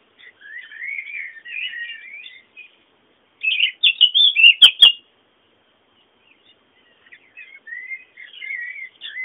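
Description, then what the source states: Birds twittering in rapid warbled phrases, broken by a brief loud burst of chirps with sharp clicks, then softer chattering resumes. Bird sounds meant as background ambience.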